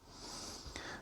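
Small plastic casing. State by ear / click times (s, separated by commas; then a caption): seated / 0.8 s. The two plastic halves of a replacement Renault 3-button remote key shell are pressed together around the transferred circuit board. Over a steady background hiss, a sharp click is heard at 0.8 s. The shell halves snap together and seat nice and tight.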